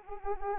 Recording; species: mosquito wingbeat signal from an infrared sensor; Anopheles arabiensis